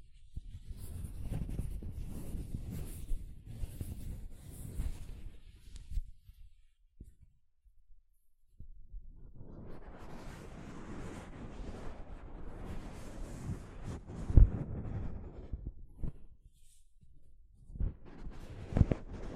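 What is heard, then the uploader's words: Soft fabric brushes over a microphone in bursts of low rustling and rubbing, with a near-silent pause around eight seconds and sharper scrapes later. ASMR Mic Brushing using Soft Fabric (No Talking).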